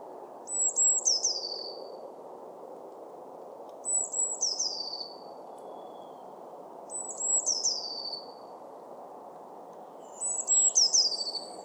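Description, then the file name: Eurasian blue tit singing four times, about every three seconds: thin high notes sliding into a quick descending trill, over a steady low rumbling background. "Cyanistes caeruleus"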